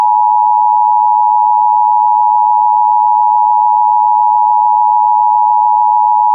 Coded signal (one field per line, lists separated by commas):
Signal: Emergency Alert System (SAME) tones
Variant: 853 and 960 Hz attention tone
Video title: [EAS] Tornado Warning for Red Lake Nation, Kelliher, and Blackduck w/ 2.5” Hail! (7/24/26)